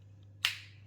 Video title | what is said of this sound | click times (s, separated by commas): How to download your tacograph head unit using digivu+ | that so those two go in together make it go click | 0.5 s